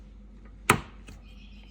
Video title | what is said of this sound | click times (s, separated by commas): How to FIX Samsung Dishwasher won't close or latch! | If I pop it out like that, you'll hear a nice click and | 0.7 s